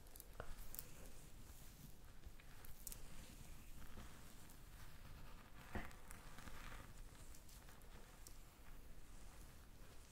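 Soft scratching and rustling of a scalp massage and hair brushing, with dense crackly strokes running continuously throughout. Brief brighter scrapes stand out now and then, notably near the start and around six seconds, over a quiet, low rumbling background.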